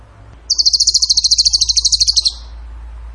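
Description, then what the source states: Bird song: a rapid, steady high trill of evenly spaced pulses that drops slightly at the end. Masteran training recording; tembakan gacor song style.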